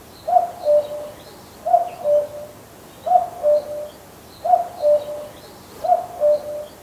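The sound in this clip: Common cuckoo calling a clear two-note cu-coo, the second note lower, repeated five times about every one and a half seconds over faint background hiss.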